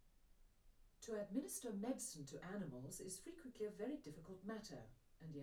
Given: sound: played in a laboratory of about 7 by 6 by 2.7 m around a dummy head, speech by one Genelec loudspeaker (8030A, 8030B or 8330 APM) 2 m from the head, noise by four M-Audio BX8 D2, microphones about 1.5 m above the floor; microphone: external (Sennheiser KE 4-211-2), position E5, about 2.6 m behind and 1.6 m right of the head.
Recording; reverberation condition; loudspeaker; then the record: female speech in English; low; 30 degrees to the right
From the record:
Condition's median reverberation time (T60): about 310 ms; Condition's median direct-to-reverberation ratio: about 3.5 dB